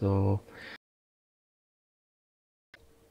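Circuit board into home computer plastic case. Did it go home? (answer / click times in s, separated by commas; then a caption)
no / none. Someone talks briefly at the start as a replica C64C 250469 motherboard PCB is handled over its plastic case, where it will be pressed into the retaining clips. After a stretch of silence, a faint short tick at 2.7 s is followed by low handling noise. Nothing has seated or clicked into place yet.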